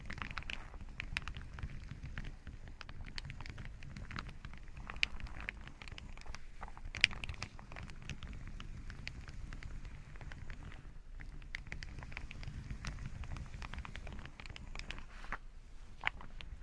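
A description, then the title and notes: Fingers tap rapidly on headphones, a dense, unbroken patter of small clicks that sounds almost like rain, over a steady muffled low rumble. Sharper taps stand out near 5, 7 and 16 seconds, with a short lull around 11 seconds. Headphone Tapping & Massage Rollers.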